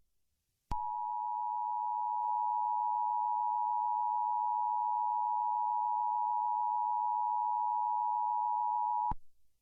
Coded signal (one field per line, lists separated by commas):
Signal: Emergency Alert System (SAME) tones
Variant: 853 and 960 Hz attention tone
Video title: EAS Test